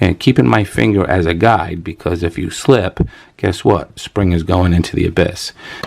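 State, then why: Not seated. A spring is being pushed with a punch down into a firing pin safety plunger while someone talks throughout. The spring has not snapped in or seated yet by the end of the clip.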